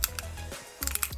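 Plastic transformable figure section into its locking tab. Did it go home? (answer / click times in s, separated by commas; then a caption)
yes / 0.0 s. During the robot-to-tank transformation of a Fans Toys FT-21 Berserk (Blitzwing) plastic triple-changer figure, the whole assembly is brought down and snaps into its locked position on its locking tab with a sharp click at 0.0 s. A softer click follows at 0.2 s, then a quick cluster of plastic clicks and taps from 0.8 to 1.0 s, and the part is seated.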